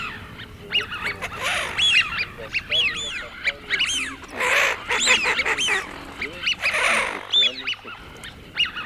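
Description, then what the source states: Eurasian wigeon whistles: many whistled calls that rise and fall, some clear and piercing, almost continuously. Lure call for an electronic game caller.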